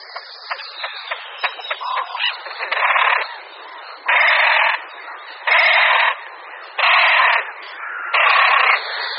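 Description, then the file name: Great crested grebe: a run of dry ticking clicks, then a series of loud, coarse, braying calls repeated about every 1.4 seconds. "Potápka-roháč"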